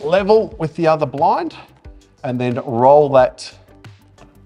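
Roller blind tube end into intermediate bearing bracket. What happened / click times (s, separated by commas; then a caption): The blind is being adjusted but has not yet clicked into its bracket / none. Someone talks while the second linked roller blind is brought level with the other blind and its adjusting wheel is about to be rolled, to fit the blind tube end into the intermediate bearing bracket. The tube end has not yet seated or clicked into the bracket when the clip ends.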